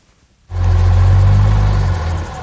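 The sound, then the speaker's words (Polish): A heavy Star truck engine at a technology museum in Starachowice, Poland, roars to life abruptly, a deep, loud rumble with strong low-end drone that holds steady for about two seconds before easing slightly. No voices are present. “Część techniczna muzeum poświęcona jest właśnie między innymi historii fabryki samochodów ciężarowych Star.”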